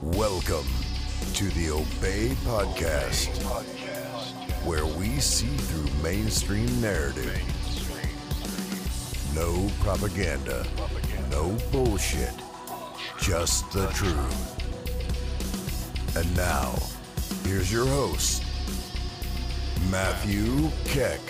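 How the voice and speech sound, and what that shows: A low-pitched adult male voice delivers a short, fluent spoken introduction in clear, evenly paced phrases with brief pauses between them. Articulation and voice quality are ordinary, with no blocks, repeats or slurring. A steady low background music bed runs underneath.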